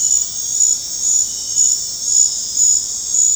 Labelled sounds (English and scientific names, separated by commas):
none